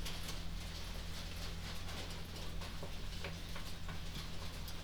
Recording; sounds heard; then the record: poultry house recording; no chicken sound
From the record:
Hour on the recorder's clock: 21